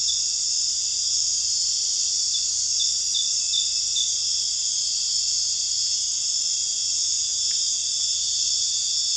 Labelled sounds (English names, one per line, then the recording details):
none
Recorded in dense forest near Puerto Asís, Putumayo, Colombia, on 12 March 2025 at 22:00
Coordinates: 0.484, -76.317
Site G064